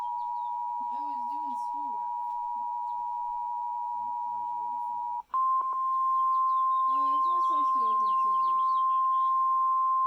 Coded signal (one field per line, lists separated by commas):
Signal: Emergency Alert System (SAME) tones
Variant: 853 and 960 Hz attention tone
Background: speech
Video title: EAS 1450 SVR NWS Peachtree City